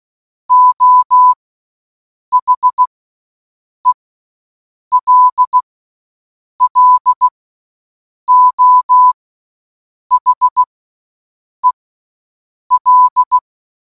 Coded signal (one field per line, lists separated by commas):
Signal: Morse code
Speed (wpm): 16 wpm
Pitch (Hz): 1000 Hz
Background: none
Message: O H E L L O H E L